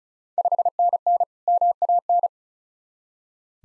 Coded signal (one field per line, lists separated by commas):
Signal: Morse code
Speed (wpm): 36 wpm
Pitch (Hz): 700 Hz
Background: none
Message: 5NN MAN